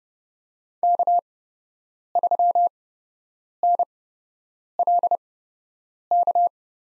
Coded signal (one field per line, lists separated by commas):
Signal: Morse code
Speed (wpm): 30 wpm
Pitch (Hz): 700 Hz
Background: none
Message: K3NLK